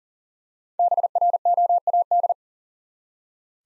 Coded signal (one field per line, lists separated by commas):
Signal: Morse code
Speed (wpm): 40 wpm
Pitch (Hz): 700 Hz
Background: none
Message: BROAD